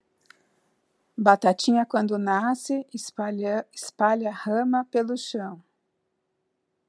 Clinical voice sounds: short text; Brazilian Portuguese; female; 50 to 59 years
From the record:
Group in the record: control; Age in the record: 57 years

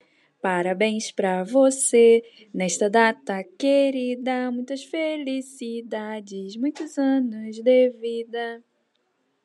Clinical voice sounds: short text; Brazilian Portuguese; female; 30 to 39 years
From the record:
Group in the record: control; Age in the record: 36 years

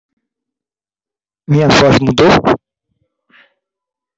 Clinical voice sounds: short text; Brazilian Portuguese; male; 50 to 59 years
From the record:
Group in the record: control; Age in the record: 51 years

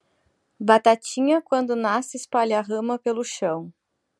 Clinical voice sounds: short text; Brazilian Portuguese; female; 40 to 49 years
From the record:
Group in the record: control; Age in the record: 43 years

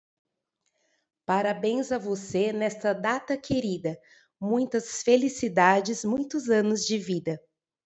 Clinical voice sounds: short text; Brazilian Portuguese; female; 40 to 49 years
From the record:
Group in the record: control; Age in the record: 40 years

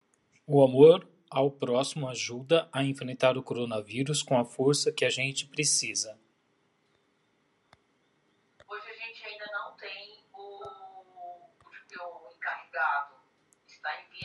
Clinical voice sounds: spoken sentence; Brazilian Portuguese; male; 50 to 59 years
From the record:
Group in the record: control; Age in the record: 52 years

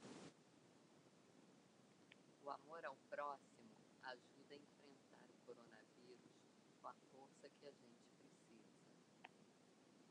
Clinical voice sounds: spoken sentence; Brazilian Portuguese; female; 50 to 59 years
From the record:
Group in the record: control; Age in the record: 56 years

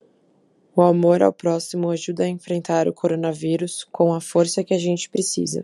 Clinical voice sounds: spoken sentence; Brazilian Portuguese; female; 20 to 29 years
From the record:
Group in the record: control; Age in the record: 23 years

